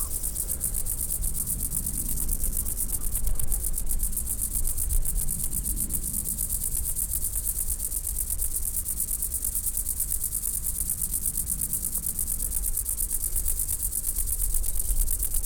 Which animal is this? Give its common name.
Woodland Grasshopper